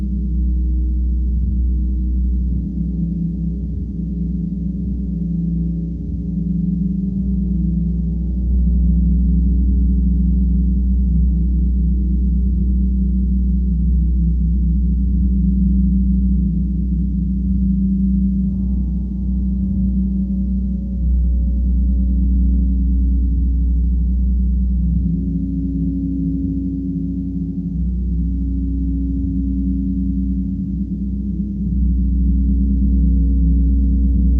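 A gong bath: deep, continuous gong tones swell and shimmer for the whole stretch, slowly shifting low pitches with no silences or sharp strikes.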